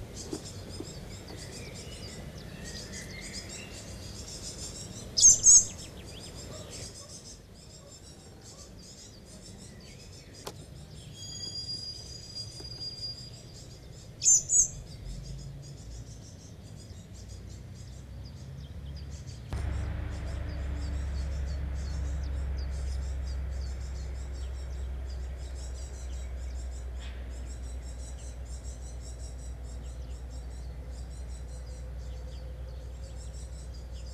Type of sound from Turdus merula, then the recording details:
call. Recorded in the wild. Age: juvenile. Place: Kaiserslautern, Rheinland-Pfalz, DE. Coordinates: 49.4247, 7.77889. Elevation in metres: 279. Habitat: garden. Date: 1982-06-10. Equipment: Uher 4000 Report, Brühler-Mikrophon, Parabolreflektor. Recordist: Tretzel, Erwin